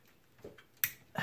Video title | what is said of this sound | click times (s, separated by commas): COMPUTER UPGRADE TIME!! | this clips right in | 0.8 s